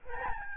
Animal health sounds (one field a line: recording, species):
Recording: mosquito wingbeat signal from an infrared sensor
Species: Aedes albopictus